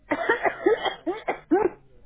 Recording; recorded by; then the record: voluntary cough; telephone call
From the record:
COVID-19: positive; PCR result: checked with the laboratory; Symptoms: yes